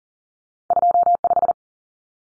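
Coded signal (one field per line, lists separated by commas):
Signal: Morse code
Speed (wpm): 40 wpm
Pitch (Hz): 700 Hz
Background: none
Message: 25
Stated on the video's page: Two-digit cut numbers sent at 40 wpm for head-copy practice, each sent in Morse, spoken, then sent again.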